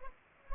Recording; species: mosquito wingbeat signal from an infrared sensor; Culex pipiens